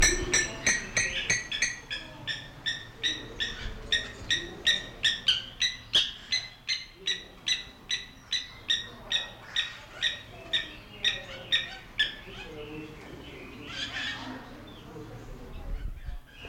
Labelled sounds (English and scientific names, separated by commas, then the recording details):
Spur-winged Plover (Vanellus spinosus) call
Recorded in captivity
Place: Zoo Berlin, Berlin, DE
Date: 1992-08-01 11:20
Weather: sonnig, 22-26°C
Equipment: Marantz CP 430, Sennheiser ME 80, Kopie Tesla B 116
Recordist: Tembrock, Günter